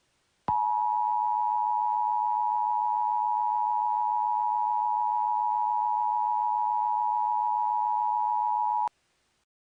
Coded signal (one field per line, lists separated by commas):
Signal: Emergency Alert System (SAME) tones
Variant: 853 and 960 Hz attention tone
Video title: EAS Scenario - The Undead Prevailation